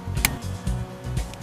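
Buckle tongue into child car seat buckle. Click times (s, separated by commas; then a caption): 0.2 s. A buckle tongue is pushed into a child car seat buckle during a car seat installation, and it seats with a sharp click at 0.3 s. Low background hum and faint rustling continue around it, with a smaller tick near 1.3 s.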